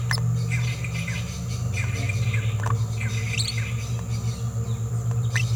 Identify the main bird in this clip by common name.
Green-rumped Parrotlet